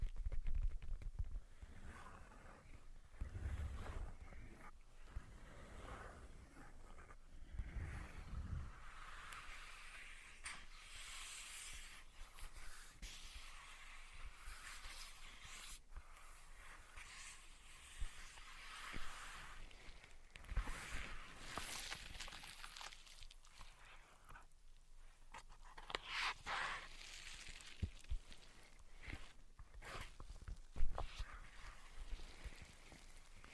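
Tapping, scratching and tracing sounds run through the whole stretch, with soft strokes and scrapes dense in the upper range. Sharper taps and short thumps stand out near the start, around 3 to 9 seconds, and again near 26 and 32 seconds.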